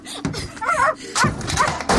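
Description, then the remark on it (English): A small black dog barks in a few short, high-pitched yips with a whiny edge, spaced unevenly over a couple of seconds, while playing with a ball. “There's a good dog.”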